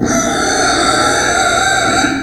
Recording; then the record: squeal of a Yucatan mini pig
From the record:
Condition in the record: before surgery on the right vocal fold (resection and tissue-engineered implant); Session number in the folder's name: 3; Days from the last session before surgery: 0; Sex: female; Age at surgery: 19 weeks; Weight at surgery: 25 kg